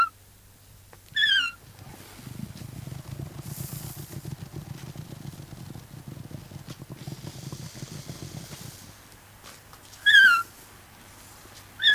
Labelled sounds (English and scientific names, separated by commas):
Bactrian Camel (Camelus bactrianus)